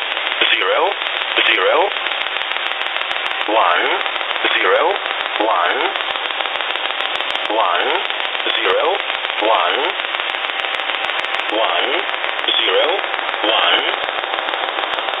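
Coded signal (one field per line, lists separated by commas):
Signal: numbers station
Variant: E07a English Man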